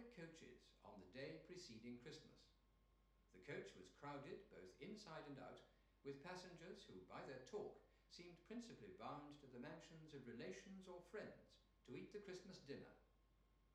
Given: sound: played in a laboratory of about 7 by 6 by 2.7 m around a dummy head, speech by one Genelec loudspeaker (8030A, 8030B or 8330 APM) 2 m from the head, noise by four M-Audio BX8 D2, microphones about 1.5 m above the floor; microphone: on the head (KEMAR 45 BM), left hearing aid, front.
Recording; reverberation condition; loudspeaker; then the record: male speech in English; medium; in front (0 degrees)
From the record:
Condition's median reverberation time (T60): about 510 ms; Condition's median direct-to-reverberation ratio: about -0.5 dB